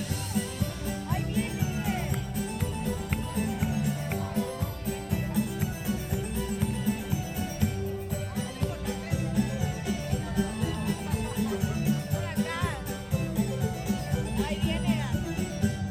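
Music from the Main Street Electrical Parade plays continuously, a dense, steady mix of bright synthesized tones over a thumping low beat. Loudness barely changes across the clip, and scattered crowd voices and short sharp sounds run underneath throughout.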